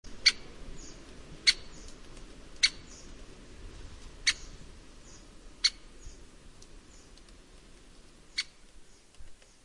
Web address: red chested woodpecker call